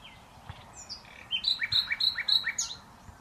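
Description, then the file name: Common nightingale song phrase: a few sliding whistles, then a rapid run of sharp repeated notes, ending in a high flourish. "Luscinia megarhynchos"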